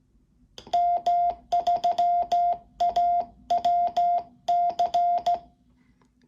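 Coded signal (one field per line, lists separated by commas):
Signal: Morse code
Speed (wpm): 15 wpm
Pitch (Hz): 700 Hz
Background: none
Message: M3AWC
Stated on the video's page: CW keyed on a Quansheng radio running IJV firmware on VHF/UHF, via a modified key and headphone cable.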